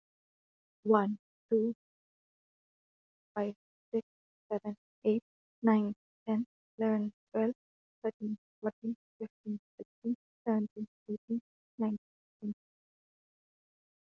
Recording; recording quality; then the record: counting at a normal pace; excellent, no background noise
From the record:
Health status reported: healthy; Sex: female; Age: 26 years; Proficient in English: yes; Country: India